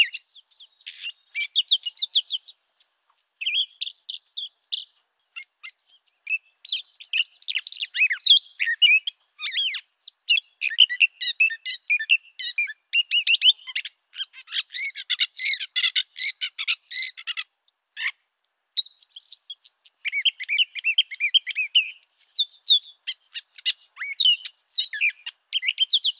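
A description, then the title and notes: A brown thrasher sings a long, nearly continuous string of varied phrases, repeated motifs, quick whistles, slides and buzzy notes, all bright and high with short gaps between. The song thickens into a dense burst near the middle, and the background is silent. Brown Thrasher Long Song.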